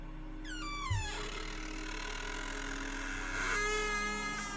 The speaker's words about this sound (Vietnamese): Còn đang không biết mình nên làm gì vào lúc này, thì ở trong một căn phòng mà anh vừa mới tới, dưới ánh sáng của đèn flash điện thoại, anh thấy cánh cửa phòng đang chậm chậm mở ra. Cái bản lề cũ kỹ lâu ngày rít lên những tiếng kẽo kẹt.